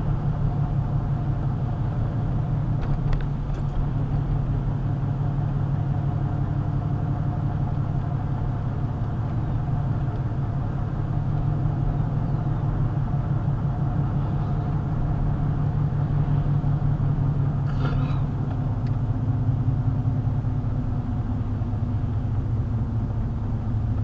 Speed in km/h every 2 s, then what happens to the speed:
50, 48, 50, 52, 50, 50, 50, 48, 47, 44, 42, 39.
0-13 steady at about 50. 13-24 slows to 39.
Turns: none.